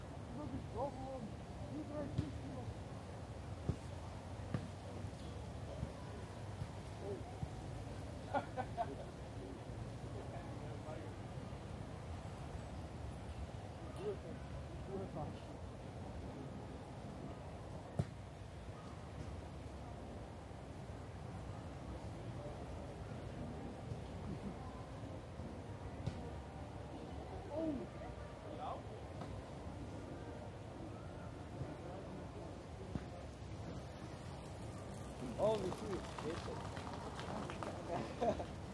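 People pass by in Munich's Englischer Garten, with scattered fragments of conversation over a steady low rumble that holds for the whole stretch. Brief knocks and thuds pop up every few seconds, and a brighter burst of activity rises near the end.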